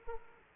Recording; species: mosquito wingbeat signal from an infrared sensor; Aedes aegypti